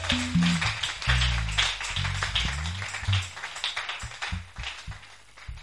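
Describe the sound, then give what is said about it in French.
A crowd claps steadily for several seconds after a prayer, a dense crackling wash of many hands, while low sustained keyboard or bass notes shift beneath it. No one speaks. “Let's clap. Applaudissez.”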